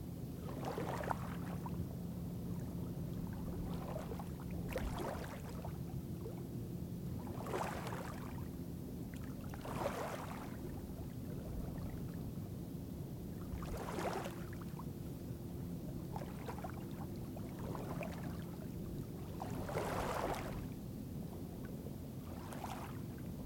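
Water laps against a lakeshore in regular splashes, roughly every two to three seconds, each a brief bright wash. Underneath runs a steady low droning hum, like a boat motor idling, which stays constant throughout.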